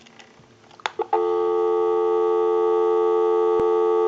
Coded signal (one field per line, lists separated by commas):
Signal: telephone call progress tone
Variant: North America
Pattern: dial tone